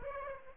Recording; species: mosquito wingbeat signal from an infrared sensor; Aedes aegypti